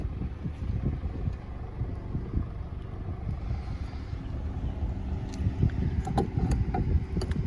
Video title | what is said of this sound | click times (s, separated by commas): 2018 Honda Accord Touring Startup Engine & In Depth Tour | Locks in place, with your fuel cap. | 6.2 s, 6.5 s, 6.8 s, 7.2 s, 7.3 s